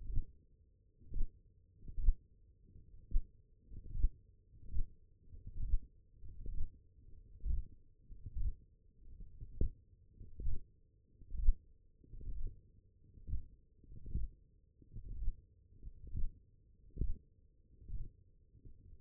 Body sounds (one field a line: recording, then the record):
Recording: forearm muscle sounds (acoustic myography)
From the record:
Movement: finger pinch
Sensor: system 1, eight BSWA MPA416 microphones around the upper forearm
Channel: 5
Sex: male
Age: 21 years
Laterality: right